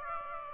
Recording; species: mosquito wingbeat signal from an infrared sensor; Aedes aegypti